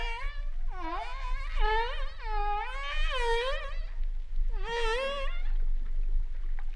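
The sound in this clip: Humpback whale song with long, undulating whooping moans, several sweeping phrases in a row with a short pause before a final rising and falling cry.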